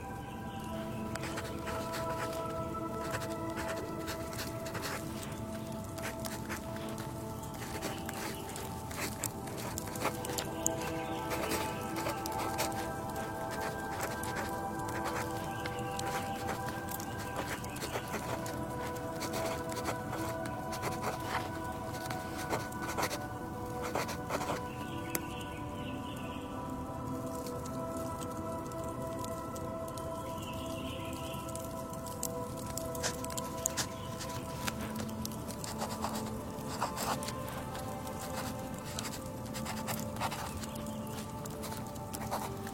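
A pen nib moves quickly over paper in a dense run of small scratches and clicks, busiest around the middle and again near the end. Behind it sits a steady low hum with faint tonal lines, level throughout the 43 seconds.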